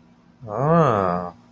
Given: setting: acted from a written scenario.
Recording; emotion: vocal sound without words; desire